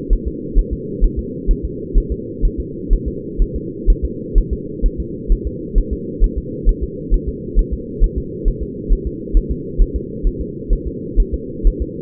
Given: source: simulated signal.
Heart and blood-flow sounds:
fetal heart sounds
0.13 s: S1
0.28 s: S2
0.58 s: S1
0.73 s: S2
1.04 s: S1
1.19 s: S2
1.51 s: S1
1.65 s: S2
1.98 s: S1
2.12 s: S2
2.45 s: S1
2.60 s: S2
2.93 s: S1
3.08 s: S2
3.42 s: S1
3.56 s: S2
3.90 s: S1
4.05 s: S2
4.38 s: S1
4.53 s: S2
4.86 s: S1
5.00 s: S2
5.32 s: S1
5.47 s: S2
5.78 s: S1
5.93 s: S2
6.24 s: S1
6.38 s: S2
6.69 s: S1
6.83 s: S2
7.14 s: S1
7.28 s: S2
7.59 s: S1
7.73 s: S2
8.04 s: S1
8.18 s: S2
8.48 s: S1
8.63 s: S2
8.92 s: S1
9.07 s: S2
9.37 s: S1
9.51 s: S2
9.82 s: S1
9.96 s: S2
10.27 s: S1
10.41 s: S2
10.73 s: S1
10.87 s: S2
11.20 s: S1
11.34 s: S2
11.67 s: S1
11.82 s: S2
From the record:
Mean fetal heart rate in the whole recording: 130 bpm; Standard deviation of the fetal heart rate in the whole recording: 2 bpm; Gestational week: 38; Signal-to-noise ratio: -4.1 dB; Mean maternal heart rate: no maternal heart sound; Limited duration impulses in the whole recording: absent

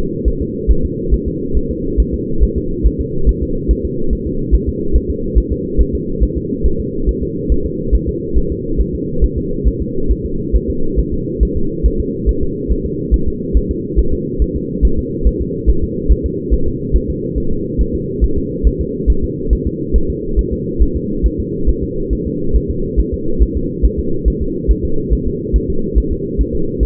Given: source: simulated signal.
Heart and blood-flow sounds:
fetal heart sounds
0.28 s: S1
0.42 s: S2
0.71 s: S1
0.85 s: S2
1.14 s: S1
1.28 s: S2
1.57 s: S1
1.71 s: S2
2.00 s: S1
2.14 s: S2
2.43 s: S1
2.57 s: S2
2.86 s: S1
3.01 s: S2
3.29 s: S1
3.43 s: S2
3.71 s: S1
3.85 s: S2
4.13 s: S1
4.27 s: S2
4.54 s: S1
4.69 s: S2
4.96 s: S1
5.10 s: S2
5.38 s: S1
5.52 s: S2
5.81 s: S1
5.95 s: S2
6.23 s: S1
6.38 s: S2
6.66 s: S1
6.80 s: S2
7.09 s: S1
7.23 s: S2
7.52 s: S1
7.66 s: S2
7.95 s: S1
8.09 s: S2
8.38 s: S1
8.52 s: S2
8.80 s: S1
8.95 s: S2
9.24 s: S1
9.38 s: S2
9.67 s: S1
9.82 s: S2
10.11 s: S1
10.26 s: S2
10.55 s: S1
10.70 s: S2
10.99 s: S1
11.14 s: S2
11.43 s: S1
11.57 s: S2
11.86 s: S1
12.00 s: S2
12.29 s: S1
12.43 s: S2
12.72 s: S1
12.86 s: S2
13.14 s: S1
13.28 s: S2
13.57 s: S1
13.71 s: S2
13.99 s: S1
14.13 s: S2
14.42 s: S1
14.56 s: S2
14.85 s: S1
14.99 s: S2
15.27 s: S1
15.41 s: S2
15.70 s: S1
15.84 s: S2
16.12 s: S1
16.26 s: S2
16.54 s: S1
16.68 s: S2
16.96 s: S1
17.10 s: S2
17.38 s: S1
17.52 s: S2
17.81 s: S1
17.95 s: S2
18.24 s: S1
18.38 s: S2
18.67 s: S1
18.81 s: S2
19.10 s: S1
19.24 s: S2
19.53 s: S1
19.67 s: S2
19.96 s: S1
20.10 s: S2
20.39 s: S1
20.53 s: S2
20.82 s: S1
20.96 s: S2
21.26 s: S1
21.40 s: S2
21.69 s: S1
21.84 s: S2
22.13 s: S1
22.27 s: S2
22.56 s: S1
22.70 s: S2
22.99 s: S1
23.14 s: S2
23.43 s: S1
23.57 s: S2
23.85 s: S1
23.99 s: S2
24.28 s: S1
24.42 s: S2
24.71 s: S1
24.85 s: S2
25.13 s: S1
25.27 s: S2
25.56 s: S1
25.70 s: S2
25.98 s: S1
26.12 s: S2
26.41 s: S1
26.55 s: S2
26.83 s: S1
From the record:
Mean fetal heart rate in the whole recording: 140 bpm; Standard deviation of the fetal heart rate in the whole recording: 2 bpm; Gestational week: 34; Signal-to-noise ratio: -8.1 dB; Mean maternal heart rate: 72 bpm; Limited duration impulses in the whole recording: absent

